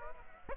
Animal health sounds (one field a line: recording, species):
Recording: mosquito wingbeat signal from an infrared sensor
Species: Aedes aegypti